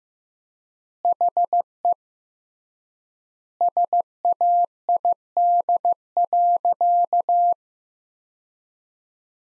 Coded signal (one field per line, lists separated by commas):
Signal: Morse code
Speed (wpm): 16 wpm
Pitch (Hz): 700 Hz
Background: none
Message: HE SAID.